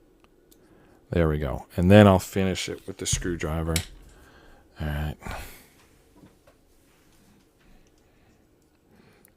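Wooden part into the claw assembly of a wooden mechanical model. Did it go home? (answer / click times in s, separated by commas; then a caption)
partly / 9.2 s. A wooden part is pushed into the claw mechanism of a wooden mechanical model kit, the ROKR Stay Beetle, while someone talks. After the talking stops, faint handling noises follow, and a short sharp click comes at 9.2 s. The part ends up only partly seated, in but not fully home.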